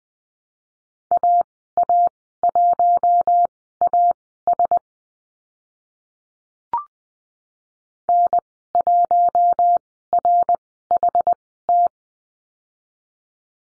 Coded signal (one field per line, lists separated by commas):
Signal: Morse code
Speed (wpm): 20 wpm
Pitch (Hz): 700 Hz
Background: none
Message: AA1AS N1RHT